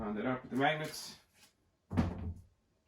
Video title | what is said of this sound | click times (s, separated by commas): Moducase DF130 Assembly & shelf installation | it's just beautiful just click in place alright | 1.9 s, 2.0 s